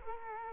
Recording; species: mosquito wingbeat signal from an infrared sensor; Culex quinquefasciatus